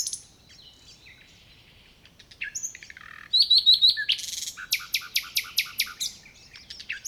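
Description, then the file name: Common nightingale singing: a near-silent opening, then a short run of rising whistled notes followed by a burst of loud, harsh notes repeated rapidly several times. "Luscinia megarhynchos"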